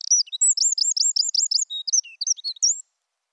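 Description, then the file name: Eurasian wren song, a rapid run of high chirping notes, ending in a few varied twitters. "Troglodytes troglodytes"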